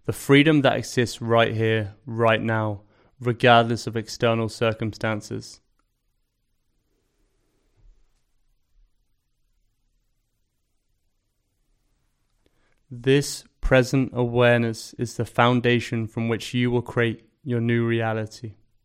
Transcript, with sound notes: The freedom that exists right here, right now, regardless of external circumstances. [Pause 15 seconds] This present awareness is the foundation from which you will create your new reality.